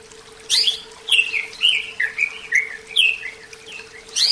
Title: Kicau Kacer